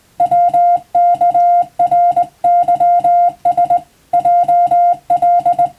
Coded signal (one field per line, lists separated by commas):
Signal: Morse code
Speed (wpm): 20 wpm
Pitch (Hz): 700 Hz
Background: music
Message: WKRYS JL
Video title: モールスの国家試験の練習風景！スマホの今でも電気通信術の実技試験があります！通信技術の原点！アマチュア無線の受信練習にもどうぞ(morse code practice radio operator )